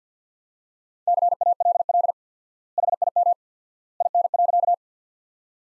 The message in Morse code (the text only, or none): CALL HIM IN.